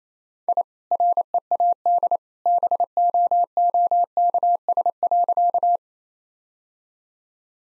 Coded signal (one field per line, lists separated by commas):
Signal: Morse code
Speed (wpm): 28 wpm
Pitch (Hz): 700 Hz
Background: none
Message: I READ BOOKS.